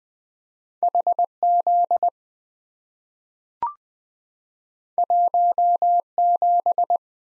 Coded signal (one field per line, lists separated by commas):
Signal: Morse code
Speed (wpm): 20 wpm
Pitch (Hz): 700 Hz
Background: none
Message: HZ 17